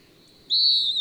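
Bird song: a single long, pure whistled note, strong and steady, gently falling in pitch at its close.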